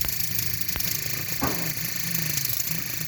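The plastic reservoir lid of a Bitvae water flosser (oral irrigator) is handled as it is being closed onto the flosser body. A steady low hum and broad hiss run throughout, with a brief sharp sound at 2.6 s. Nothing has seated or clicked yet, and the lid is not yet locked into place.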